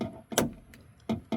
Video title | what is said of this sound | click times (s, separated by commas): 2018 to 2024 Toyota Camry Door Actuator fix | so you hear a click and | 0.4 s